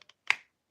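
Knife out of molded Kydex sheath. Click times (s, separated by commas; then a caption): 0.3 s. A knife is pulled up out of a molded Kydex sheath, whose folded-over retention edges hold it in and let go with a sharp click at 0.3 s, preceded by two faint ticks at about 0.0 and 0.1 s. The knife is released from the sheath.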